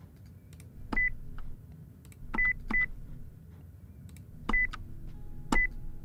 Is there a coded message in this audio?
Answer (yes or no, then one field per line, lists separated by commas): no